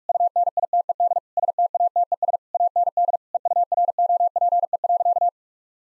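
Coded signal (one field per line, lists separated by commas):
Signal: Morse code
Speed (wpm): 48 wpm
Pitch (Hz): 700 Hz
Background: none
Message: UNITED STATES AND EUROPE.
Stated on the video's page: Morse code practice at 45 wpm: sentences built from common five-word phrases, each sent, then spoken, then sent again.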